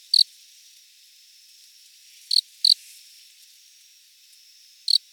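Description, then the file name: Cricket giving single and paired high chirps separated by pauses of about two seconds, over faint steady background noise. "Loxoblemmus sylvestris"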